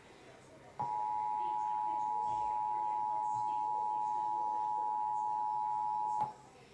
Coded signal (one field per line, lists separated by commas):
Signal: Emergency Alert System (SAME) tones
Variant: 853 and 960 Hz attention tone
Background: speech